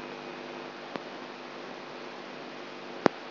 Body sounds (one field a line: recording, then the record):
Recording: brain microelectrode recording played as sound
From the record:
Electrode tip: outside the subthalamic nucleus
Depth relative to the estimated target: 4 mm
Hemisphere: right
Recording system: AlphaMap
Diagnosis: Parkinson's disease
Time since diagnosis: 13 years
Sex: female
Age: 63 years